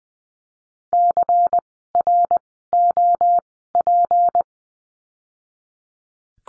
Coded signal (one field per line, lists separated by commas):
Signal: Morse code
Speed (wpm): 20 wpm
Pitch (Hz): 700 Hz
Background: none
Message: CROP